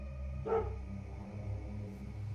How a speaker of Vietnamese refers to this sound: 3 giờ sáng, ngoài cổng có tiếng chó sủa khá gắt.